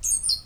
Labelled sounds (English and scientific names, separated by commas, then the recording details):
Stitchbird (Notiomystis cincta) song
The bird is a male
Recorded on Tiritiri Matangi Island, New Zealand, in 2005
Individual 14, of nest box 20